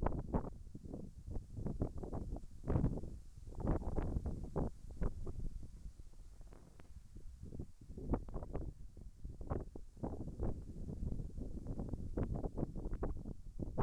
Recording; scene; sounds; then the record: everyday scene through a hearing-aid microphone; wind on the microphone; wind, whistling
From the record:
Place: in front of a rural house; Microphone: behind the ear, right, rear